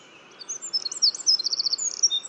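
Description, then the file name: Eurasian wren song: quick high notes and a brief trill over faint background hiss. "Troglodytes troglodytes"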